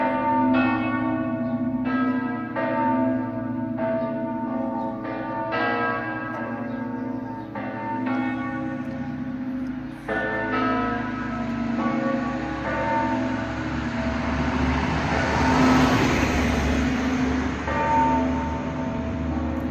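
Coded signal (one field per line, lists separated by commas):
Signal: bell signal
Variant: Friulian battiore and dopli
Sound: large church bell struck repeatedly, then several bells ringing together in full peal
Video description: Battiore sul campanone e dopli con le tre maggiori delle 17:30 per la Messa festiva delle 18:00.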